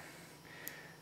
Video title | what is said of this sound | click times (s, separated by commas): Trouble Shooting | and click in place like that. | 0.7 s